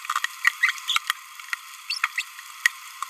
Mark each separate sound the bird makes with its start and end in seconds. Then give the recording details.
0.88-0.98, 1.90-1.98, 2.04-2.07, 2.16-2.22. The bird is a male. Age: 27 days. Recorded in a nest box in Venezuela. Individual 17B31A2